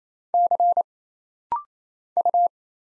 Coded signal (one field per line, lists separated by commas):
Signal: Morse code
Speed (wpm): 28 wpm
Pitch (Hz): 700 Hz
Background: none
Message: C U